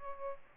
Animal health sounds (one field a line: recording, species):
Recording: mosquito wingbeat signal from an infrared sensor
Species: Aedes aegypti